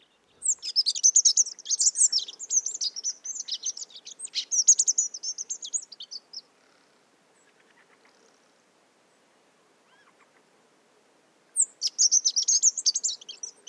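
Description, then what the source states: Rock Bunting song: a long, dense, high thin twittering run of rapid notes lasting about six seconds, a quiet pause, then another burst of jingling twitters. Surprising pre-nuptial song; Montagne du Puy, Drôme, 1500 m, mixed conifer and oak forest, February 2020 morning; Nagra Seven and Telinga Pro7 stereo.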